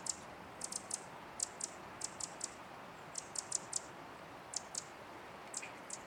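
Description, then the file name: Eurasian wren giving sharp clicking tick calls in short bursts with brief pauses between, over steady background noise. "Troglodytes troglodytes"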